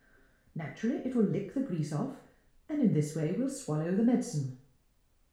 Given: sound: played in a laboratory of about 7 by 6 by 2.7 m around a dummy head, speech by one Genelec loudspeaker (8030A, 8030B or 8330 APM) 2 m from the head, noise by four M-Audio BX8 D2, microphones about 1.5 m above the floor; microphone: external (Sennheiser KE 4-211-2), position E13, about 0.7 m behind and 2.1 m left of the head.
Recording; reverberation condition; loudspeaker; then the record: female speech in English; medium; 120 degrees to the left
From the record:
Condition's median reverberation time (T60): about 510 ms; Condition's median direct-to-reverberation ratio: about -0.5 dB